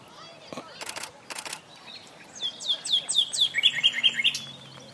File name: Luscinia megarhynchos